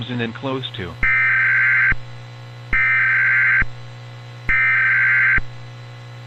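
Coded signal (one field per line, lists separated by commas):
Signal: Emergency Alert System (SAME) tones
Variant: header bursts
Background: speech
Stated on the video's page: Simulated EAS scenario.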